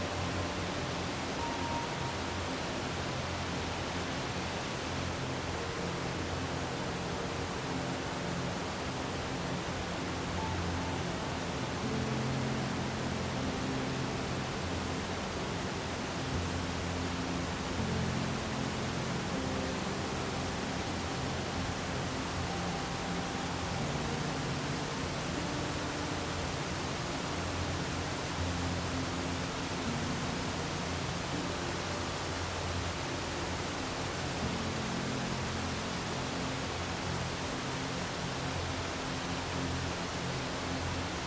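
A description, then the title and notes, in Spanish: A waterfall pours in a dense, unbroken rush that fills everything from deep rumble to bright hiss, holding the same level for the whole 41 seconds. Faint sustained low notes, likely the music, sit underneath, with a few thin higher tones surfacing now and then. Una relajante CASCADA y MÚSICA.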